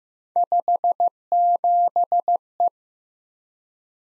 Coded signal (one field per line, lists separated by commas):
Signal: Morse code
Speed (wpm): 15 wpm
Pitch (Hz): 700 Hz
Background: none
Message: 57E